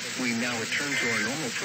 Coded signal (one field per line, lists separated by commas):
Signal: Emergency Alert System (SAME) tones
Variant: end-of-message bursts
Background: speech